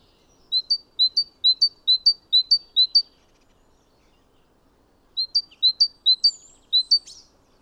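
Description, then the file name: Great tit song: two bursts of repeated two-note phrases with a silent gap between, a brief extra sound at the end. "Parus major"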